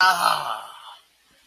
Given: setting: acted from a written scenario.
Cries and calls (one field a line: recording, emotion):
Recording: vocal sound without words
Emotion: triumph